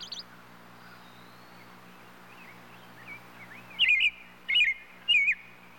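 Robin calls: three short, warbled, fluttering notes close together near the end after a quiet start, over a steady low hum.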